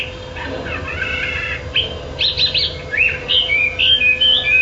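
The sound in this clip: Chinese hwamei giving a buzzy, harsh note followed by quick repeated whistled chirps and short slurred phrases, with steady low hum behind.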